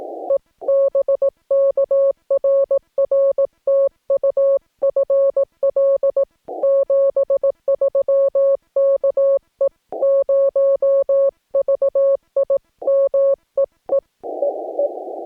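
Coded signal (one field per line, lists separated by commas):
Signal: Morse code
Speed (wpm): 18 wpm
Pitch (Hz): 560 Hz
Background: music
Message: E BK RR TU FL 73 KE0VIM EE EE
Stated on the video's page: CW park activation pile-up on 15 meters, Yaesu FT-891 at 25 watts, US Morse paddles, 17-ft whip antenna.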